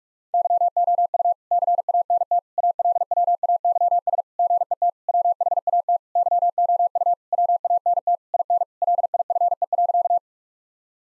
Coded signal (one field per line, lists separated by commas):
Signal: Morse code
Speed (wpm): 46 wpm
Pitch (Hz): 700 Hz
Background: none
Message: YOU CANT ALWAYS GET WHAT YOU WANT IN LIFE.